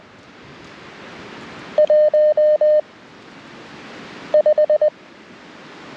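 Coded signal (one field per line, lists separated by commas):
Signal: Morse code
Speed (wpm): 19 wpm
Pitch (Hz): 590 Hz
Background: none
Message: 15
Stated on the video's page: First CW CQ on a Parks on the Air activation.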